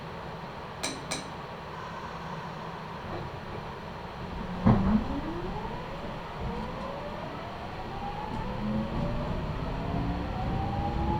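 A Meitetsu Toyota Line train running from Sanage through Umetsubo to Akaike, with a steady low rumble throughout. Two sharp clicks come near the first second, then a heavy clunk around 4.7 seconds, after which motor whine sweeps upward in pitch as the train speeds up.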